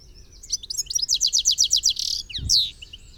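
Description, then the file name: European goldfinch giving quick, high, liquid twittering notes in a steady run of many syllables, ending with a buzzy note and a brief low thump. "Carduelis carduelis"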